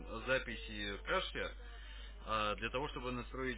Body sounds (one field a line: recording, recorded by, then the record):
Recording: voluntary cough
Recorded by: telephone call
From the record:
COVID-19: positive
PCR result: self-reported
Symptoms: no